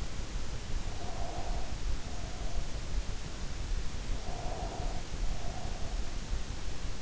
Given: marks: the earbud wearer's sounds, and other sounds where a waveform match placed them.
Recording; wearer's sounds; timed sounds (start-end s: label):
sounds in sleep by an in-ear microphone; breath
0.96-2.72 s: breath
4.11-6.32 s: breath